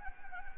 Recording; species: mosquito wingbeat signal from an infrared sensor; Anopheles gambiae